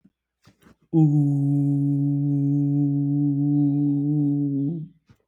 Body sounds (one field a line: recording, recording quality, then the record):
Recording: sustained vowel as in boot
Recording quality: excellent, no background noise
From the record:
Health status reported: recovered from COVID-19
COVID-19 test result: positive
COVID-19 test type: rapid antigen test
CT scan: not taken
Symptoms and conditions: sore throat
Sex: male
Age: 25 years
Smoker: no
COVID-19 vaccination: both doses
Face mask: not worn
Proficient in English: yes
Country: India